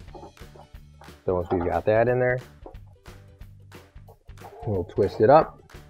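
A replacement Maytag dryer door switch (W11189141, AP6283711) is fed through and twisted up into its mounting hole in the dryer's front panel opening while someone talks over background music. Faint handling sounds are heard, but the clip ends just before the switch goes home, so nothing has seated or snapped into place yet.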